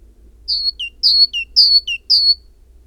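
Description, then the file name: Great tit delivering clean two-note phrases, a long high note falling to a shorter lower one, repeated evenly. "Parus major"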